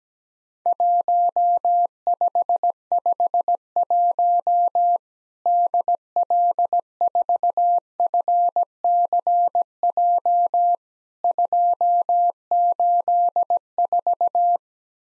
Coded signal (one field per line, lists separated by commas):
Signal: Morse code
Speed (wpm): 17 wpm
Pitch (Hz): 700 Hz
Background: none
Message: 1551 DL4FCJ 284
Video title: Worked All Europe DX Contest QTC Exchange 17wpm